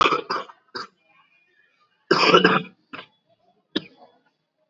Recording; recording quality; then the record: shallow voluntary cough; excellent, no background noise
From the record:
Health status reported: COVID-19 positive, mild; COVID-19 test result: positive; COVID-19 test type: RT-PCR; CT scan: not taken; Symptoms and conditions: cough, fever, fatigue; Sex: male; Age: 18 years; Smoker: no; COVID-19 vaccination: both doses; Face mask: worn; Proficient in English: yes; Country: India